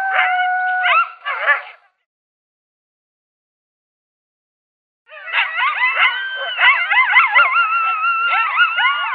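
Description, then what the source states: Coyote yips and howls for under two seconds, silence, then a sustained group chorus of wavering, undulating howls and yelps lasting about four seconds. Coyote locator call.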